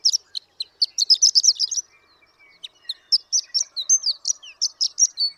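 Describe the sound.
Horned lark producing high, tinkling twitters: a dense burst, a near-silent gap, then looser, slurred notes and chips at an irregular pace.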